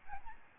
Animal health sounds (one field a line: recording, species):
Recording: mosquito wingbeat signal from an infrared sensor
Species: Aedes albopictus